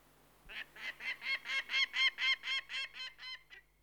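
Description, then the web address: Peregrine falcon giving a short burst of about a dozen rasping, ringing notes that swell and then fade, after a faint click and near silence. "BBC Sound Effects Library. Peregrine Falcon"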